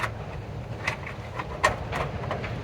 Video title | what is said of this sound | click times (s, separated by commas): Whitewater Vans Install of Nomadic Cooling X3 48v DC Air Conditioner | that just pops right in there | 1.6 s